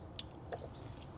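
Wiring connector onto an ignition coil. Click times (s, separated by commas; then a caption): 0.2 s. A wiring plug is pushed back onto an ignition coil of an FK8 Type R after a spark plug change, so the engine will have spark. A sharp, bright click sounds at 0.2 s as the connector seats fully, followed by a faint softer tick and quiet background. The connector is clicked in and fully seated.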